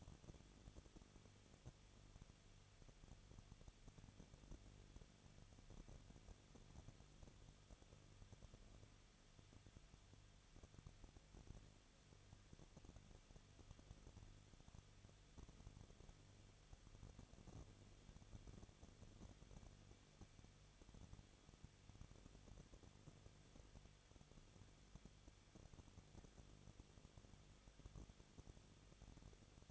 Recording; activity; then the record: daily activity, microphone in the room; no activity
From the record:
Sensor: 4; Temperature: 23.0 degrees Celsius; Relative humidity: 34.4%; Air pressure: 1007.3 hPa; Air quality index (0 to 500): 216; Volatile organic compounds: 15 ppm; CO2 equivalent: 2515 ppm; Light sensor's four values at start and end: 2/3/1/1 and 2/3/1/1